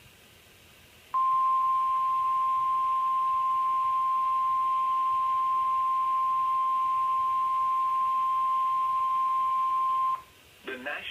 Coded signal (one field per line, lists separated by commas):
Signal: Emergency Alert System (SAME) tones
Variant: 1050 Hz attention tone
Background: speech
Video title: Jon's Sunday in a Nutshell | Many EAS Alerts from LWX